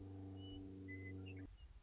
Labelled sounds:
Western Meadowlark (Sturnella neglecta)
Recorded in Sonoma County, California

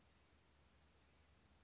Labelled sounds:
Blue-gray Gnatcatcher (Polioptila caerulea)
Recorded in Sonoma County, California

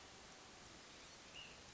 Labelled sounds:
Ash-throated Flycatcher (Myiarchus cinerascens)
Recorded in Sonoma County, California

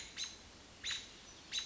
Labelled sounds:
American Robin (Turdus migratorius)
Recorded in Sonoma County, California

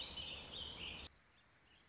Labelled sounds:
Warbling Vireo (Vireo gilvus)
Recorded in Sonoma County, California

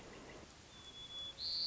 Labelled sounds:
White-crowned Sparrow (Zonotrichia leucophrys)
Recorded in Sonoma County, California

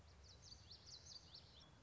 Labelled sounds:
Common Yellowthroat (Geothlypis trichas)
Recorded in Sonoma County, California

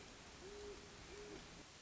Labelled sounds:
Great Horned Owl (Bubo virginianus)
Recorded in Sonoma County, California

